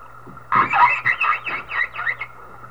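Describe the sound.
Whale calling in a run of wavering, squealing moans that rise and fall several times over two seconds, with a steady low hum underneath.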